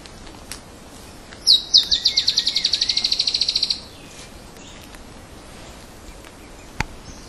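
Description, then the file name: Dusky-tailed antbird song: a rapid, even trill of about twenty high, sharp notes lasting over two seconds, starting loudest, with faint lower slurred whistles beneath. Recorded at Esmeralda on 10 July 2015. "Drymophila-malura--- 2015-07-10-PP-Esmeralda---Jorge-La-Grotteria"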